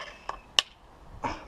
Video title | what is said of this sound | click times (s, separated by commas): Unboxing Stoeger RX20 TAC Dynamic - Réglage lunette et premiers tirs | entendez le clic | 0.6 s